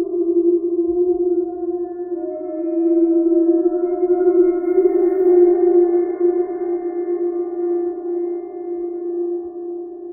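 A sustained metallic ring like a crystal bowl or gong hums steadily for the whole stretch, centered on one warm mid-low tone with fainter overtones shimmering above. The loudness swells gently and ebbs. A few soft low knocks sound near the start.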